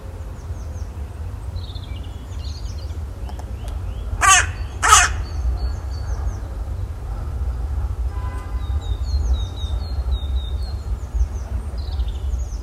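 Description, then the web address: Bird calling two harsh, raspy caws in quick succession, with faint high chirping from other birds and a constant low background rumble. "Bird Only"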